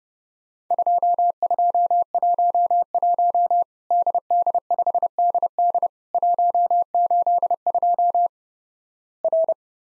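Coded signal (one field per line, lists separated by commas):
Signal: Morse code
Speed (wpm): 32 wpm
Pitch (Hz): 700 Hz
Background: none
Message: 2211 DD5DD 182 R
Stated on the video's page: Morse drill of Worked All Europe DX Contest QTC exchanges at 30 wpm, each sent in Morse, then spoken, then sent again.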